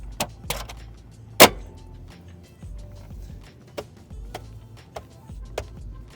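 A plastic Uberturbine-styled aero cover is pressed onto an 18-inch Tesla Model 3 alloy wheel, center first and then around the outer spokes. Its clips snap into place with sharp clicks at 0.2, 0.5, 4.3, 5.0 and 5.6 seconds, and a louder burst comes near 1.4 seconds. The cover seats fully, all going in on the first try.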